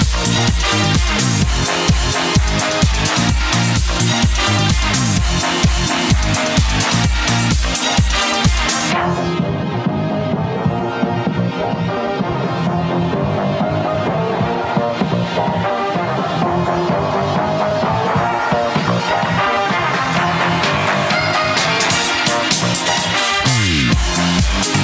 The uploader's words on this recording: Os carrinhos de choque das festas do senhô. Bumper cars always have a particular soundtrack, always revolving around dance music.